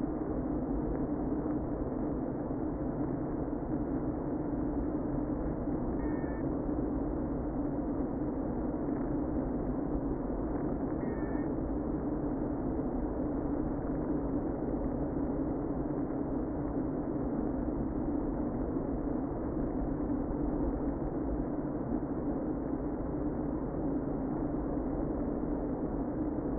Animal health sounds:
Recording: honeybee colony, microphone inside the hive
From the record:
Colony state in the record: queen present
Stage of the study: before two queens were removed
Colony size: about 60,000 bees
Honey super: yes

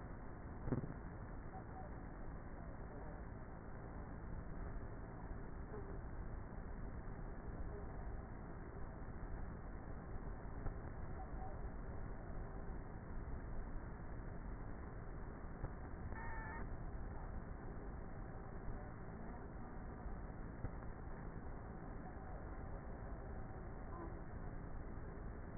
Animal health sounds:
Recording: honeybee colony, microphone inside the hive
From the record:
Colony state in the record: queenless with a low population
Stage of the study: before two queens were removed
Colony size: about 30,000 bees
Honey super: no

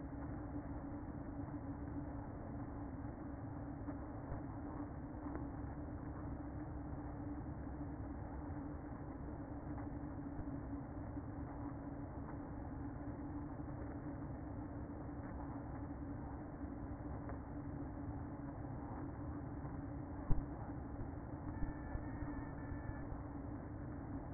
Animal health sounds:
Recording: honeybee colony, microphone inside the hive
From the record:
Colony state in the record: queen present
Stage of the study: after two queens were removed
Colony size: about 60,000 bees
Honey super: yes

